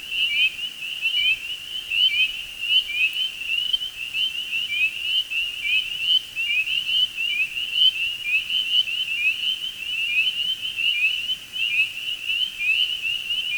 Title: Spring Peepers and two other frog species calling in early spring